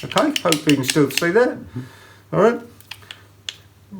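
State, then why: Partly seated. A wide-sided bevel-edge steel chisel is pushed into the clamp of a sharpening honing guide while someone talks, followed by a few short metal knocks around 2.9 and 3.1 seconds. The chisel's side is too fat to click into the guide's little groove, but a sharp knock at 3.5 seconds marks it seating, and it only just fits.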